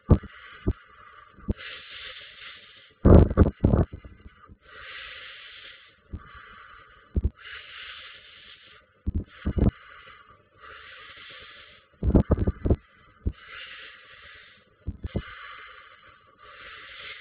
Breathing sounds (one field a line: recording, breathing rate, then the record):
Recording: paced breathing near a phone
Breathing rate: 20 breaths a minute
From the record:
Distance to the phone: 20 cm